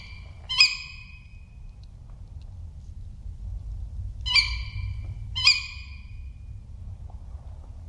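Tawny owl calls: one sharp, strident note, then two more in quick succession about a second apart, over a faint low rumble.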